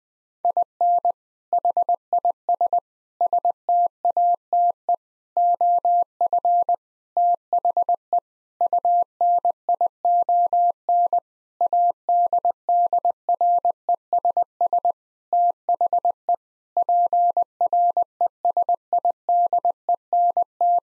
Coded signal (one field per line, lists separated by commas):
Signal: Morse code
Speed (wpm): 20 wpm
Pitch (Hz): 700 Hz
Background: none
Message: IN HIS STATE OF THE UNION ADDRESS THE PRESIDENT